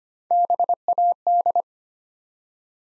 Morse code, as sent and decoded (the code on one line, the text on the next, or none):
-... .- -..
BAD